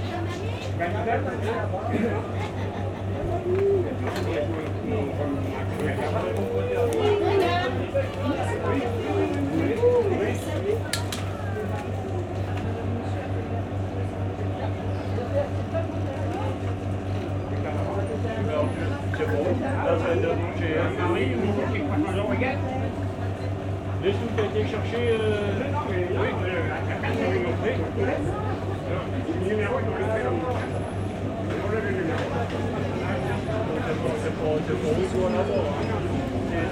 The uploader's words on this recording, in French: Impression sonore du marché de la petite ville de Auneau réalisée à partir des enregistrements de Nicolas Dubois (© Sound Fishing).